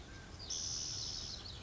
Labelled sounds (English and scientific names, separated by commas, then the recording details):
Spotted Towhee (Pipilo maculatus)
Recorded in Sonoma County, California